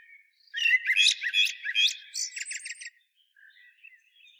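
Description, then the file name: Common blackbird singing a mellow warbled phrase that breaks into a squeaky, high twittering ending, followed by faint quiet notes. "Turdus merula"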